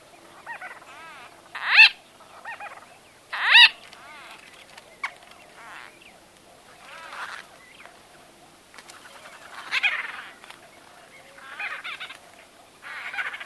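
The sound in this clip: White-fronted bee-eater calls: two loud, harsh nasal calls early on, then softer scattered chattering notes at irregular intervals.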